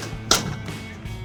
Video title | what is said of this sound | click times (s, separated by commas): 2005-2023 Tacoma Wheel Well Storage Box Review & Install | it, you're gonna pull on this yellow handle. Just pop. | 0.3 s